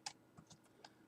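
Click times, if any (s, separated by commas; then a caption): 0.1 s. On a Yugo M70 B1 rifle, the recoil spring assembly is pushed forward while the rear button on its guide is held in, and the guide button latches in its forward position in the receiver with a small metallic click at 0.1 s. This lock keeps the dust cover from blowing off when launching grenades and lets the dust cover be lifted off. Fainter clicks follow at about 0.5 s, 0.9 s and 1.1 s, and the button is seated.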